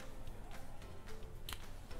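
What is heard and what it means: During a second refill, the plastic nozzle of an ink refill bottle is attached again into the refill hole at the end of a marker. A short, sharp click is heard at 1.5 s over a low, steady background. The nozzle is firmly seated.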